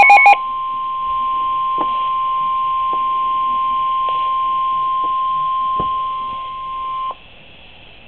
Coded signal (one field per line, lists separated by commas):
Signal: Emergency Alert System (SAME) tones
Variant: 1050 Hz attention tone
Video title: NOAA Weather Radio - EAS #5 - Severe Thunderstorm Warning - 9-21-10